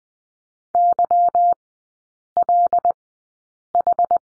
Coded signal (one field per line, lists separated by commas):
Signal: Morse code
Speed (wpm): 20 wpm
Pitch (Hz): 700 Hz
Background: none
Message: YLH